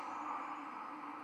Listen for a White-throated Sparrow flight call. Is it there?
no